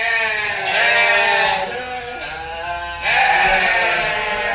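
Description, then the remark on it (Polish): Several sheep grazing meadows in the landscape parks of Małopolska, Poland bleat in overlapping, wavering calls, loud and continuous, with strong harmonic tones rising and falling across about four seconds and no one speaking. “Bo bez owiec po 3-4 latach praktycznie łąka zmienia swój charakter, zarasta, zakrzacza się, a owce utrzymują te tereny w takim charakterze, żeby był najbardziej piękny krajobrazowo.”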